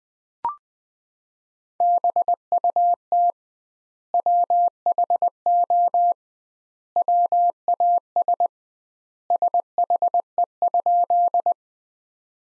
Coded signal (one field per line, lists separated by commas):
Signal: Morse code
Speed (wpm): 20 wpm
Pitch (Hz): 700 Hz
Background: none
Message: BUT WHO WAS SHE?